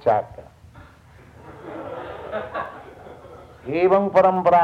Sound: laughter

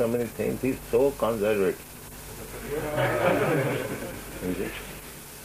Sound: laughter

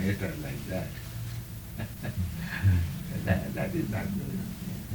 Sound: chuckles

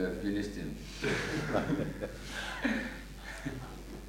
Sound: Prabhupāda laughs

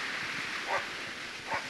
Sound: dog barking in background

